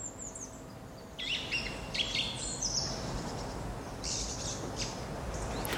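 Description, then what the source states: Song thrush song: varied high whistled and scratchy phrases in short bursts, fairly soft, over constant low background noise. Recorded in the early morning in Heemstede; sounds like cautious practice song ahead of spring, rehearsing to attract the best females.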